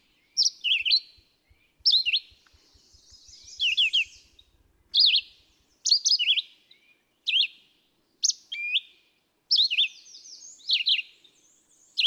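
Red-eyed vireo sings a string of short, slurred whistled phrases separated by brief pauses; a faint low ticking is heard during the first few seconds.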